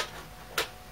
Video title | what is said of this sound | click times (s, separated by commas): Upgrading 3 additional machines with the Ryzen 3 2200G | it clicks right into place beauty | 0.6 s